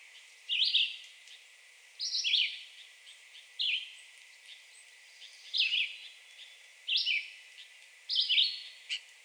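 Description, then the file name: Red-eyed Vireo song: terse slurred whistled phrases repeated every second or two, against a light hiss. Recorded 2 June 2020. "2020-06-02 Red-eyed Vireo"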